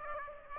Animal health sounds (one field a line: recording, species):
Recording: mosquito wingbeat signal from an infrared sensor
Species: Aedes aegypti